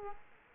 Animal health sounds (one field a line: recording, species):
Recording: mosquito wingbeat signal from an infrared sensor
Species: Culex quinquefasciatus